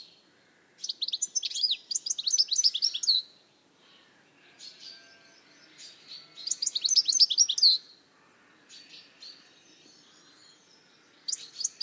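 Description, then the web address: Bird calling in two bright bursts of fast, high twittering chirps, each lasting a couple of seconds, with softer scattered notes between them and another burst beginning at the end. "Deverinetal 2025 File origin Bird Only"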